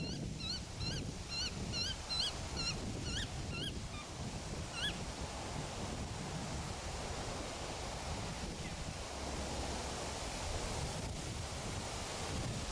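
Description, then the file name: Noisy miner song: a rapid series of sharp, rising whistled notes with harmonics for about five seconds, then only steady low rumbling background noise. "Canto do mineiro barulhento"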